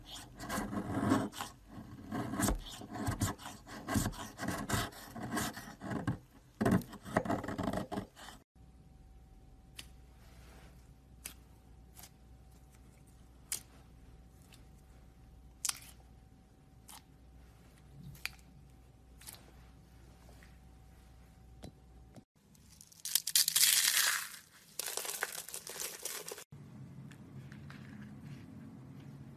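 Soap is carved with quick, rough scraping strokes for the first eight seconds. A quieter stretch follows, with scattered sharp clicks and taps over a faint steady hum. Near twenty-three seconds a bright hissing burst swells and fades, then a low rumble continues.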